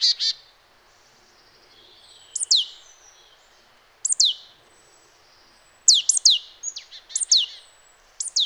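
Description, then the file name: Marsh tit calling: buzzy notes at the start, then several groups of sharp, high downslurred notes with buzzier notes trailing after them, separated by short pauses. "Poecile palustris"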